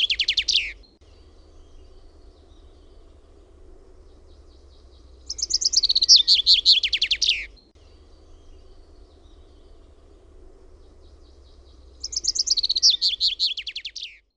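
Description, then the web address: Common chaffinch singing: the end of one song, then two more full songs, each a bright tumbling cascade of high notes ending in a flourish, with quiet gaps between. Song recorded in Finland by the recordist. "OMAT AANITYKSET PEIPPO"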